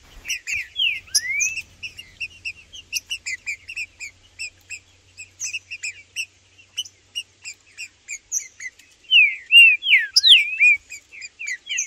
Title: Trinca Ferro no MATO Cantando e Macheando muito com Solto! Blindado e Tufão no mato